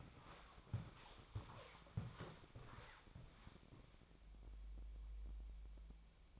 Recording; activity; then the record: daily activity, microphone in the room; walk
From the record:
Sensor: 1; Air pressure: 1000.5 hPa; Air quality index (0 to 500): 172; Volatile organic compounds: 4 ppm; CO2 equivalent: 1596 ppm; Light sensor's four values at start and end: 13/32/13/15 and 14/34/14/16